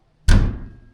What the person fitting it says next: Now you hear it clicked. That one locked.